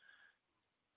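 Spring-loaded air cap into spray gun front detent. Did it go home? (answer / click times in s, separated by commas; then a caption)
no / none. The spring-loaded front air cap of a turbine spray gun is pushed in slightly and twisted toward the next pattern detent. A faint mid-high whine or hiss fades out after about 0.3 seconds, leaving low, quiet background noise. Nothing has seated or clicked yet.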